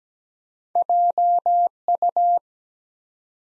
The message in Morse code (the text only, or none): JU